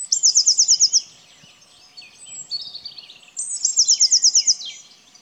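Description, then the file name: Eurasian blue tit with two rapid high trills of clipped notes, separated by a few seconds of quieter twittering. "Cyanistes caeruleus"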